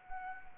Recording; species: mosquito wingbeat signal from an infrared sensor; Anopheles arabiensis